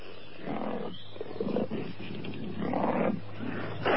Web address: tiger fighting call